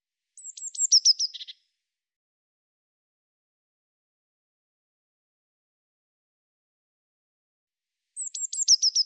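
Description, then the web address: Eurasian blue tit giving a brief, high series of thin downslurred notes followed by buzzy churring, repeated after a long silence. "Deverinetal"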